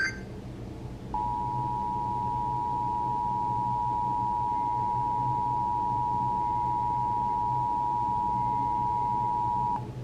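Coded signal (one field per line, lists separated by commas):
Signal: Emergency Alert System (SAME) tones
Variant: 853 and 960 Hz attention tone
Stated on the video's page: Real EAS captures.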